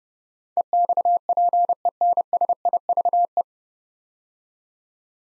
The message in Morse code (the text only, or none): EXPENSIVE